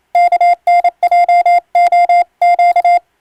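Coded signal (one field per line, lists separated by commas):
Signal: Morse code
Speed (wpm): 27 wpm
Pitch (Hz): 700 Hz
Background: none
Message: KNJOQ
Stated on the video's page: Morse sent on an electronic keyer by a ship radiotelegraph operator as practice for the national exam's telegraphy test, using English-language radiotelegram practice texts.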